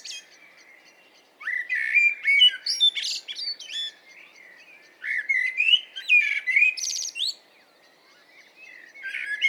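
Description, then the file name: Common blackbird delivering a warbled song: a faint twitter, then two long phrases of fluty rising notes mixed with high squeaky trills, and another phrase starting at the end. "Turdus merula"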